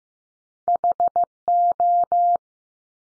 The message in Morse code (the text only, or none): HO